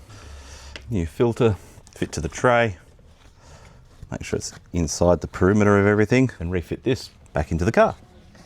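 A plastic cabin air filter tray, fitted with a new filter, is handled and refitted into the filter housing behind the glove box of a BA Falcon XR6. Someone talks throughout, with a brief sharp sound at 0.8 s and faint handling noises. The tray has not yet locked into place, and nothing has seated or clicked.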